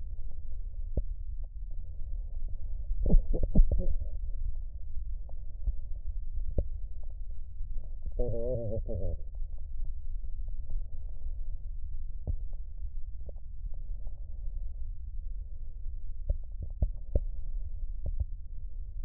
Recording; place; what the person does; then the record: lung sounds by stethoscope; left posterior basal chest; quiet breathing, then cough and speech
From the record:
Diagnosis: COPD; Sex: male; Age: 80 years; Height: 171 cm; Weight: 75 kg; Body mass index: 25.6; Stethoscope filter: extended mode